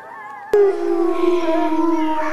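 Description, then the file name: Wolf howl, a sudden loud onset after a faint earlier tone, holding a long slowly falling note over background noise. "Wolf Howling Compilation"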